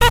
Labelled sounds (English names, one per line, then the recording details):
Zebra Finch stack call
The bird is a male
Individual mal1